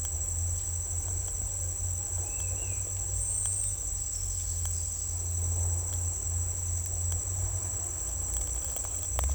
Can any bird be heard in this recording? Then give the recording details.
no. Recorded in secondary vegetation near Puerto Asís, Putumayo, Colombia, on 16 December 2024 at 09:00. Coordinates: 0.481, -76.318. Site G042